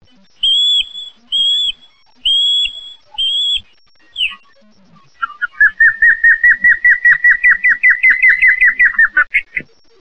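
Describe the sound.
Osprey calling: four drawn-out whistled notes with steady pitch, then a long fast series of many sharp, slightly rising piping whistles.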